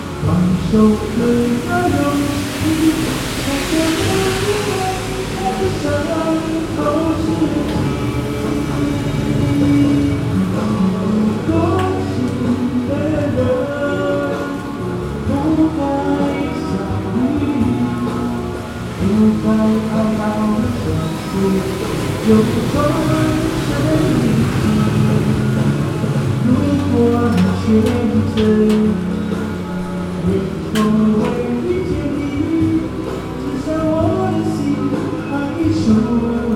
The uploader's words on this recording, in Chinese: 雨天帶著歌唱的LEBUH CINTRA日本橫街_馬來西亞。到馬來西亞的檳城旅遊。於是就在騎樓下暫躲，順便感受一下檳城巷弄夜晚的道地街景與聲音。